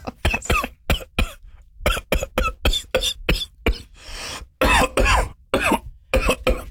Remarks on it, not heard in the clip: I'm going to do a podcast called Coffee Talk, and it's just going to be us coughing. That's the teaser for Coffee Talk.